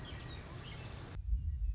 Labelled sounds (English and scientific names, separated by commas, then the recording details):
Western Meadowlark (Sturnella neglecta)
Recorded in Sonoma County, California